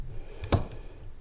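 During a bit torture test, a hex driver bit is turned in the hex socket of a screw or bolt with a torque wrench set toward 250. Two sharp clicks sound at 0.4 s and 0.5 s, the second louder and fuller, over a low background hum. The bit cams out and strips, rounding out the hex socket.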